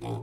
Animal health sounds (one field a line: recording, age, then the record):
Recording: pig call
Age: weaner (32 to 43 days)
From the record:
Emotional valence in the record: negative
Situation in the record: short isolation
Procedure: open field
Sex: female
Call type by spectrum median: low-frequency call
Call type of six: low-frequency stable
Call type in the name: low-frequency stable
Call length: 0.22 s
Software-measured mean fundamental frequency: 58 Hz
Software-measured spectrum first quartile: 132 Hz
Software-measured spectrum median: 308 Hz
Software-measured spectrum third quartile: 633 Hz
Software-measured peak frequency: 387 Hz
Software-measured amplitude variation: 72 dB a second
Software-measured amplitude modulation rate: 20.3 a second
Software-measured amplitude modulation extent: 3.6 dB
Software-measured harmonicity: -3.0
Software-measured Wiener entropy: -0.34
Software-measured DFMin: 1017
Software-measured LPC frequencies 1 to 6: 829, 2344, 3386, 4978, 5962, 7633 Hz